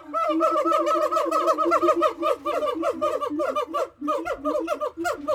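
Gibbon calling in a near-continuous run of rapid, rhythmic whoops and hoots, notes climbing and falling in quick succession.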